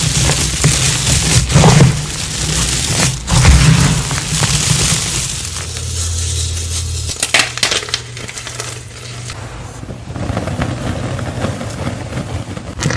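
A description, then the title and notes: Gym chalk being crushed, with dense gritty crunching and scraping that is busiest and brightest in the first seven seconds. Low thuds land around two and three and a half seconds, then the grinding softens into quieter, uneven rustling. Electric Purple Confetti Reforms Crush + Reform + Edit + Bloopers. Electric purple reformed gym chalk crush.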